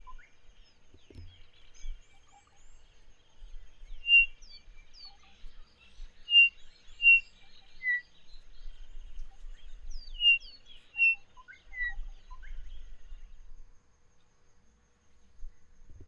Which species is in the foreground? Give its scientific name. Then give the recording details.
Batis molitor. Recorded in northern Uganda